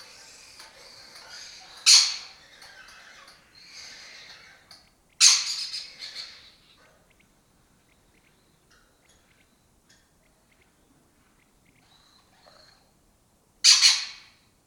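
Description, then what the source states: Three loud, scratchy lesser kestrel calls, the first two close together and the third after a long quiet gap, with faint chatter between. Breeding colony in an abandoned building in Doñana, southern Europe; migratory raptor that spends its foraging time in West Africa.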